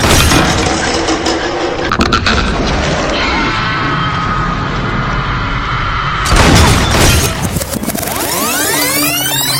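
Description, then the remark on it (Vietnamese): Loud gunshot sound effects crack out in sharp bursts over a rumbling, crashing din, with a second heavy blast partway through followed by sweeping, whistling tones as it fades. A gun fired by the character Lục Tử Minh inside a hospital. “Kha Lương và Tần Cẩm chạy tới giữa cầu thang thì nghe thấy tiếng súng.”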